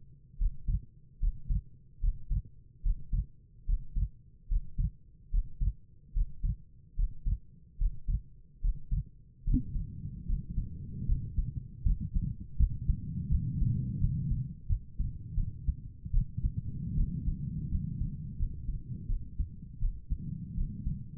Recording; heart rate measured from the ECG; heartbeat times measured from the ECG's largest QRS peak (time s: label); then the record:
heart sounds by stethoscope; 77 bpm
0.38 s: heartbeat
1.20 s: heartbeat
2.01 s: heartbeat
2.83 s: heartbeat
3.66 s: heartbeat
4.48 s: heartbeat
5.31 s: heartbeat
6.13 s: heartbeat
6.96 s: heartbeat
7.78 s: heartbeat
8.61 s: heartbeat
9.44 s: heartbeat
10.27 s: heartbeat
11.06 s: heartbeat
11.84 s: heartbeat
12.58 s: heartbeat
13.30 s: heartbeat
13.99 s: heartbeat
14.68 s: heartbeat
15.36 s: heartbeat
16.12 s: heartbeat
16.96 s: heartbeat
17.70 s: heartbeat
18.38 s: heartbeat
19.08 s: heartbeat
19.81 s: heartbeat
20.56 s: heartbeat
From the record:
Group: healthy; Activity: breath hold 0-10 s, rest 10-21 s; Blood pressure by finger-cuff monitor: 87/62 mmHg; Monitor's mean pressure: 68 mmHg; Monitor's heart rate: 73 bpm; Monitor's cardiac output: 5.2 L/min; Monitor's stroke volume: 72 mL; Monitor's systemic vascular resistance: 920 dyn s/cm5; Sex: female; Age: 22 years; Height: 163 cm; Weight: 67.1 kg